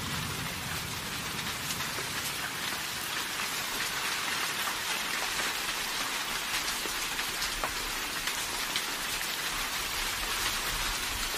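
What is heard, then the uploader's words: Steady, dense rain hisses evenly throughout, with bright scattered drop ticks and a faint low rumble underneath, no distinct thunderclap. Rain & Thunder White Noise. Rain noise and thunder noise.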